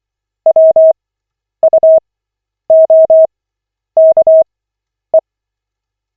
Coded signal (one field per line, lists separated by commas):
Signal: Morse code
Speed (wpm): 24 wpm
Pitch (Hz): 640 Hz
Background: none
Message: WUOKE